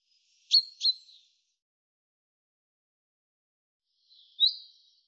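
A bird gives two sharp high chirps close together, then a single high call a few seconds later, with silence between.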